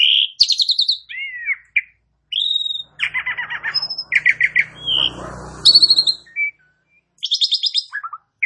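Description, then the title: Asian pied starling song: a varied medley of clear whistles, buzzy chattered bursts and harsh rasping notes, with short pauses between phrases and a faint low rumble underneath. "Bunyi Jalak Suren"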